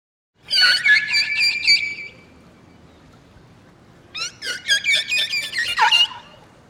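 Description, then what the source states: Killer whale calls: two bursts of high, harmonic squealing and whistling notes, separated by a quiet gap with faint low hiss. High-pitched calls.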